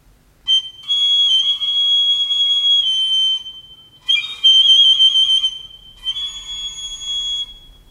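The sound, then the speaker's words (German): A shrill, piercing whistle blown on a small pipe in three long blasts, each a steady high tone with a slight wavering edge, separated by short breaks, with no voices present. “Auf dieser Pfeife pfiff er um Hilfe zu Gott.”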